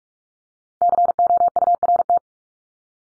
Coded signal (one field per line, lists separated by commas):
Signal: Morse code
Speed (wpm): 44 wpm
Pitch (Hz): 700 Hz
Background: none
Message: COURT